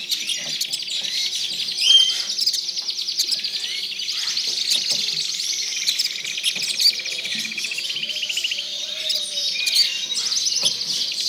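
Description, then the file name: Tropical birds fill the air with overlapping high chirps and fast trills, a constant chattering chorus with a few louder calls breaking through. "Authentic Sound Effects - Tropical Birds"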